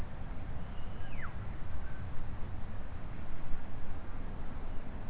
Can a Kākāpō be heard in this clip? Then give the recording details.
no. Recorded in New Zealand. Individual Stumpy